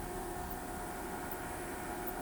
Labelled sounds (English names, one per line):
none